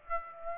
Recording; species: mosquito wingbeat signal from an infrared sensor; Aedes aegypti